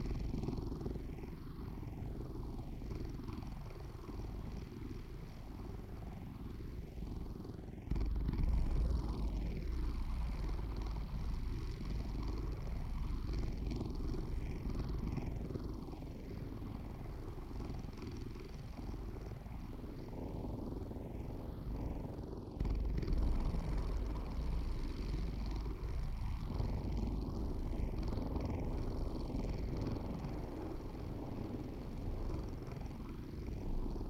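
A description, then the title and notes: A cat's purr sits under a dense, steady low rumble, thickened with slow sweeping, whooshing tones that rise and fall throughout. The sound jumps louder at about eight seconds and again near twenty-two seconds, otherwise holding an even, continuous drone. I also love it when I put sound effects on that purr creating something cosmic to dive into and float in.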